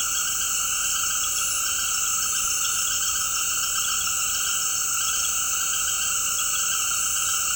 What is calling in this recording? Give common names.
none